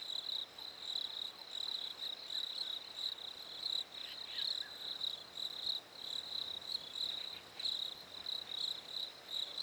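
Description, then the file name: Crickets give a continuous high-pitched chirping that pulses in quick waves. Recorded at a lake in winter. "fresh winter lake crickets birds"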